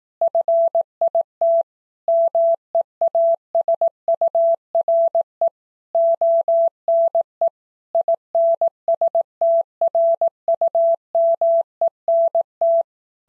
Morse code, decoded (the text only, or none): FIT MEASURE ONE INSTRUMENT